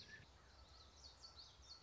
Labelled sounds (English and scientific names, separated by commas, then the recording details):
Common Yellowthroat (Geothlypis trichas)
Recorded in Sonoma County, California